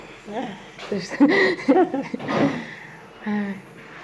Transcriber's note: laughs